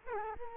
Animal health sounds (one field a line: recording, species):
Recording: mosquito wingbeat signal from an infrared sensor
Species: Culex quinquefasciatus